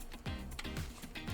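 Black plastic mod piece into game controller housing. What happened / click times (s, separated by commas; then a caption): Plastic piece clicks into place / 0.6 s. A black plastic piece of a wireless mod is pressed onto the internals of a GameCube controller. Amid soft handling noise and low background music, it clicks sharply into place at 0.6 s and is seated firmly.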